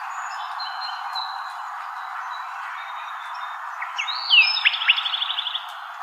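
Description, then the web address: Sinaloa wren: a quick series of repeated notes near the end, after faint thin whistles, over a steady background hiss. Recorded by Deviche, file dated 090308, in an Arizona Field Ornithologists sound library of wrens, kinglets and gnatcatchers. "Sound Library Wrens Kinglets Gnatcatchers AZFO SIWR deviche 090308"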